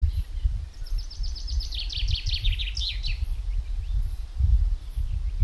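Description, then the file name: Common chaffinch singing one clear phrase of rapid chipping notes that tumble lower and end in a terminal flourish, with deep rumbling noise underneath throughout. "Fringilla coelebs"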